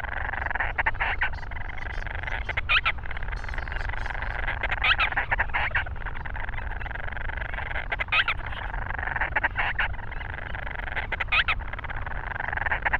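Grant's storm petrel, rough chattering calls in irregular bursts with brief squeals, heard over a continuous low rushing noise.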